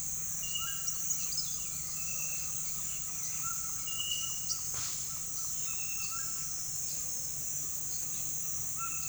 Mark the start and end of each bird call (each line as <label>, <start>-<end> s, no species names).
bird call, 0.56-6.64 s
bird call, 8.50-9.09 s